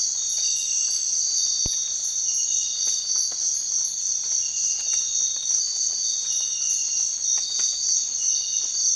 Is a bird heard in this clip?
no